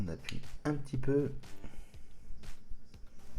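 Someone talks while pressing a plastic part of a model robot arm so that its three small tabs go into the mating arm piece. Only light handling sounds are heard under the voice, and nothing has seated or clicked yet.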